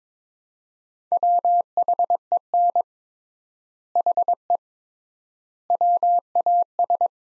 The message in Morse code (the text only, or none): WHEN HE WAS